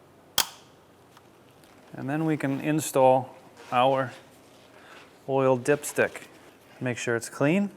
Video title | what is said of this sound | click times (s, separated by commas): How to Change Oil 2011-2016 Hyundai Elantra | until you hear click | 0.4 s